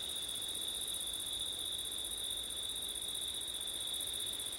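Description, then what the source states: Crickets giving a steady, high, shimmering trill in two pitch bands, with faint wind noise low in the background. Crickets on a September night, with wind; labelled ortif.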